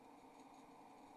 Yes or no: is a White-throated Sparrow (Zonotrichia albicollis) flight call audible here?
no